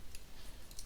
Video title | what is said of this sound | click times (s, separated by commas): Metal Robot Spirits G-Parts [Hrududu] & Advanced Parts Set Review | and it'll snap in place, and then from there | 0.8 s